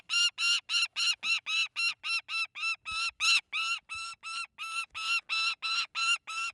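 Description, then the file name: Saker falcon giving harsh screeching calls, each short, repeated steadily about three times a second throughout. Nervous, high-pitched squawking, screeching cries. "saker falcon tosia"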